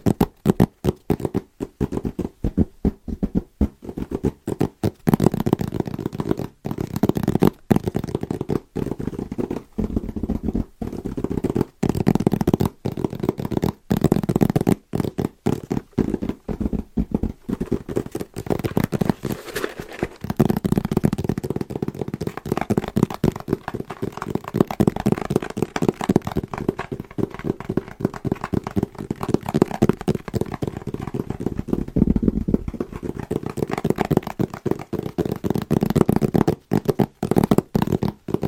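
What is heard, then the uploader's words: Fast, rhythmic tapping on Christmas presents runs for the whole stretch, a dense stream of quick, dull knocks with a papery, hollow body. The pace stays rapid and fairly even, broken only by tiny silent gaps between bursts, with slightly heavier patches midway and near the end. ASMR Fast & Rhythmic Tapping with Christmas Presents No Talking.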